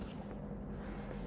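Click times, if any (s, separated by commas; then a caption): none. Two clear dual lock fastener coins are handled close to the microphone, one coin brought toward its mating coin to be pressed together. Only a steady low hum with faint handling noise is heard. Nothing has snapped together or clicked yet.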